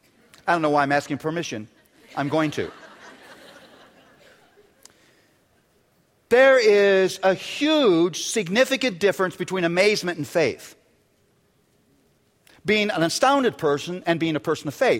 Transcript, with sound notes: I don't know why I'm asking permission; I'm going to. (laughter) There is a huge, significant difference between amazement and faith—being an astounded person and being a person of faith.